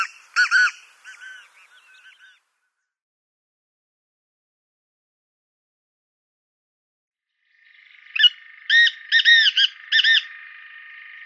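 Black francolin calling: a grating multi-note phrase that trails off at the start, then silence, then another harsh rhythmic phrase of several notes over a buzzy hum.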